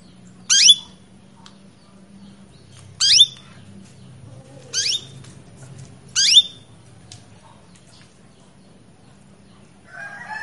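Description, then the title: Belgian canary calls: four short, bright chirps spaced about one and a half to two and a half seconds apart, then a brief lower tonal sound at the end. Female Belgian canary in breeding condition, calling to males to bring them into breeding condition. "Canto Para Esquentar Canário Belga. Suara Kenari Betina Birahi Memanggil Pejantan"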